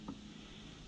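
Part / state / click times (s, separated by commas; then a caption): AC refrigerant line into condenser spring-lock coupling / not seated / none. An AC refrigerant line is pushed into its spring-lock coupling at the condenser of a Jeep Wrangler SE while held with a wrench, giving one brief soft knock near 0.1 s over a steady low hiss. The line will not go past the spring, which is too small, so nothing has snapped in yet.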